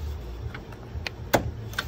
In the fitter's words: you hear that click and that's how you know it's actually seated